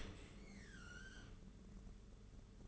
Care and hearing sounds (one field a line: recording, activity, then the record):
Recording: daily activity, microphone in the room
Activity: open dishwasher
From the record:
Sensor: 4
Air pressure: 992.2 hPa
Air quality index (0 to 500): 108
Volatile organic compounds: 17 ppm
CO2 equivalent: 2580 ppm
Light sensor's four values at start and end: 23/78/28/30 and 23/78/28/30